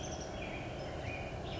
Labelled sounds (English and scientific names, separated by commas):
Black-headed Grosbeak (Pheucticus melanocephalus)